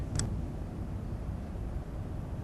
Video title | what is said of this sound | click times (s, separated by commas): PrimeLock™ Insert Installation Instructions with Bench Top Tool | tighten the nut until the connection verification ring creates an audible click | 0.2 s